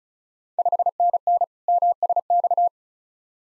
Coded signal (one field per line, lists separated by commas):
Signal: Morse code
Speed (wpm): 36 wpm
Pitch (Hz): 700 Hz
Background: none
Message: 5NN MSX